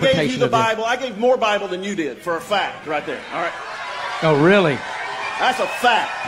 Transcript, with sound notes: I gave you the Bible. I gave more Bible than you did, for a fact right there.
(cheering)
All right. Oh, really? That's a fact.